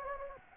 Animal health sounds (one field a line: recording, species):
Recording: mosquito wingbeat signal from an infrared sensor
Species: Anopheles gambiae